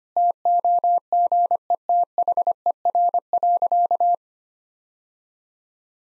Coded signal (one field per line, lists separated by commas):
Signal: Morse code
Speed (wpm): 25 wpm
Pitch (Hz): 700 Hz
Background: none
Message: TOGETHER.